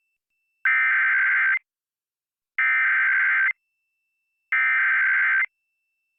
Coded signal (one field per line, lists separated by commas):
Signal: Emergency Alert System (SAME) tones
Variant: header bursts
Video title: EAS Child Abduction Emergency (AMBER Alert) Milwaukee, Wisconsin